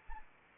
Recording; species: mosquito wingbeat signal from an infrared sensor; Anopheles arabiensis